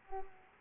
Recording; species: mosquito wingbeat signal from an infrared sensor; Culex pipiens